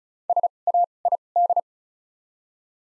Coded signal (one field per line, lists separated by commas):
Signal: Morse code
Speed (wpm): 36 wpm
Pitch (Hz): 700 Hz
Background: none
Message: S A I D